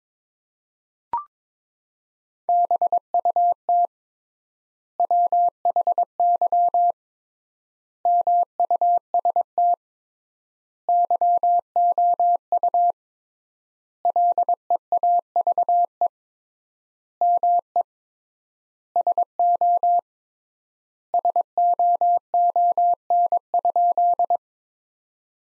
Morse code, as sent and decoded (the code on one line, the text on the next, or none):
-... ..- - / .-- .... -.-- / -- ..- ... - / -.-- --- ..- / .-.. . .- ...- . / -- . / ... --- / ... --- --- -. ..--..
BUT WHY MUST YOU LEAVE ME SO SOON?